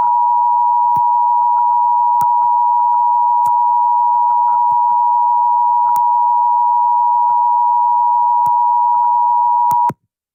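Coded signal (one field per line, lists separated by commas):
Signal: Emergency Alert System (SAME) tones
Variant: 853 and 960 Hz attention tone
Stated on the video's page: Fictional EAS scenario made for entertainment.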